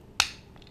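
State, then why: Seated. A white transmitter circuit board is pushed by hand into the plastic casing of a Ducati key fob during a battery replacement. A single sharp, bright click sounds at 0.2 s and fades quickly, followed by faint soft handling noise. The board is seated in the casing.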